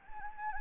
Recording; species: mosquito wingbeat signal from an infrared sensor; Anopheles gambiae